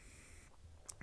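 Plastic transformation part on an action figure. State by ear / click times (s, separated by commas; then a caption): seated / 0.9 s. A plastic transformation part on a HasLab RID Optimus Prime action figure is flipped down, giving a sharp click at 0.9 s followed by a short, sharp hit at 1.0 s, over quiet handling noise. The part clicks into place and is seated, ready to be rotated.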